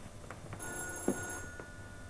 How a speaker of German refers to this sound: Ach, Jochens Telefon klingelt.